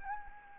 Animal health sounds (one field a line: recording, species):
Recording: mosquito wingbeat signal from an infrared sensor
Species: Anopheles arabiensis